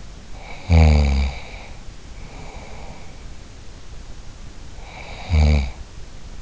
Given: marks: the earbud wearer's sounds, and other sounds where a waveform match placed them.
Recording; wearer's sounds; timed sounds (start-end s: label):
sounds in sleep by an in-ear microphone; snoring breath
0.31-3.24 s: snoring breath
4.76-5.95 s: snoring breath